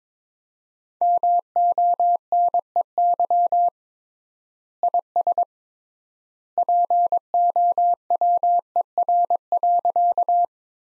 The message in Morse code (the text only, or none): MONEY IS POWER.